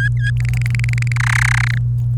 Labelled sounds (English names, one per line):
Domestic Canary song